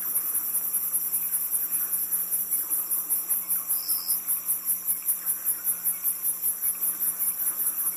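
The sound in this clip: Shrill cricket chirps pulse regularly, with a short tone near four seconds and a low steady hum.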